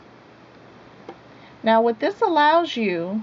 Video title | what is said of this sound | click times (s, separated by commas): Singer Quantum L-500 Part 2 | if you pull that straight down and forward it locks into place now | 1.1 s